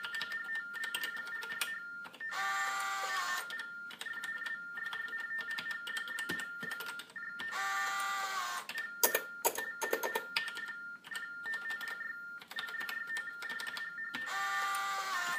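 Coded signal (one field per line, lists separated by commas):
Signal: RTTY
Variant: TDD Baudot, 45.45 baud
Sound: short warbling two-tone data bursts between clattering key clicks and buzzing printer whirs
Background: keyboard clicks, printer noise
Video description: The device uses baudot tones to communicate with other TDD devices using an acoustic couple and telephone handset. You can hear the keyboard, tones and a small printer.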